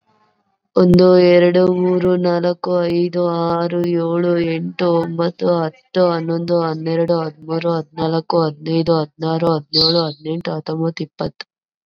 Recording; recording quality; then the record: counting at a fast pace; moderate, slight background noise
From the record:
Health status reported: COVID-19 positive, mild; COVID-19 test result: positive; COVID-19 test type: RT-PCR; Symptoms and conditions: cough, cold, fever, fatigue, muscle pain, another condition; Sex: female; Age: 25 years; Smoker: no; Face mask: not worn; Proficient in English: no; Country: India